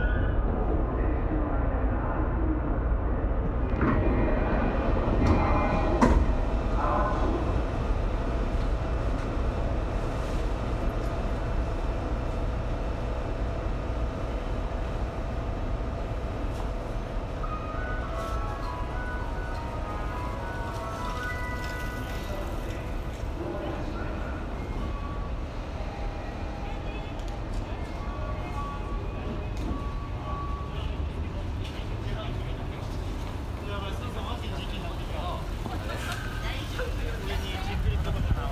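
A Tokyo train ride home, with a steady low rumble of the carriage running under everything at an even level. Voices murmur through the clip, and brief clacks and squeals of the train flicker in and out, with a sharper knock around six seconds.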